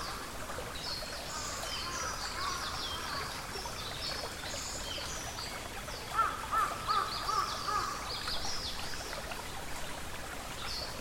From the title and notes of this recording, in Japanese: 森の音。TASCAM DR-44WL wav 24bit 48khz。